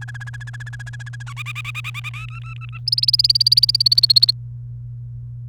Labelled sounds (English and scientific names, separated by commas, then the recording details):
Domestic Canary (Serinus canaria) song
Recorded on 29 April 2018 at 16:41
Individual llb3